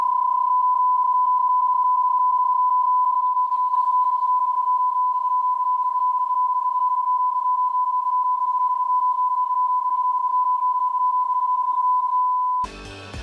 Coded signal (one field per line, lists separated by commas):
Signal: PSK31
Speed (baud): 31.25 baud